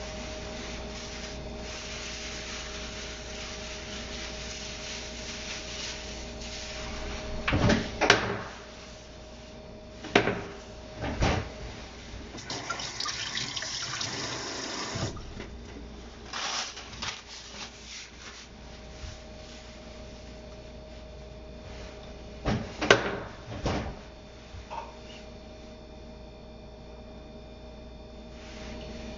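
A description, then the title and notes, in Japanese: Kitchen sounds while preparing a sake-lees pickling bed. A steady low hum runs throughout, broken by sharp knocks and clatters around 8, 10, 12 and 23 seconds, with a longer scraping, rustling stretch near 13 to 15 seconds and softer handling noises between. キッチンでの物音。粕漬けを作るための粕床を作っています。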